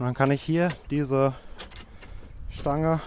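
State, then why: Not seated. Someone talks while folding the metal support bars of a tailgate-mounted bike carrier on a Karoq Sportline back toward their latch on the carrier frame, with two short, sharp handling sounds around 1.6 and 1.7 seconds. Nothing has seated or clicked into place yet.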